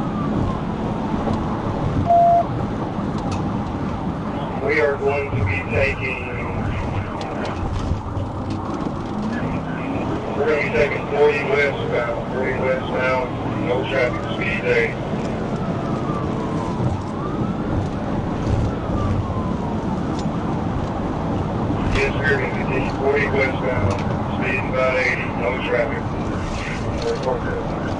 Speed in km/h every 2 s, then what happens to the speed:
171, 163, 134, 113, 116, 135, 147, 163, 163, 172, 180, 164, 155, 150.
0-6 brakes to 113. 6-19 speeds up to 180. 19-25 brakes to 150.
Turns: none.